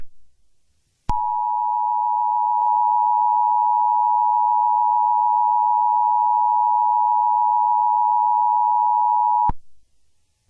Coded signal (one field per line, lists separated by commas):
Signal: Emergency Alert System (SAME) tones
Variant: 853 and 960 Hz attention tone